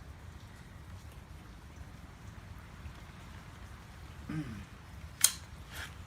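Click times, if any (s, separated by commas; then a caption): 5.2 s. The interlocking folding latch on the aluminum frame of a small white Swagtron SwagCycle EB-5 14-inch electric bike (25608-5 6307487) is closed after the bike is unfolded, over a steady low background hiss with a brief low rumbling scrape near 4.3 s. One sharp, loud hit at 5.3 s marks the frame latch locking into place, followed by a short softer rustle, and someone talks.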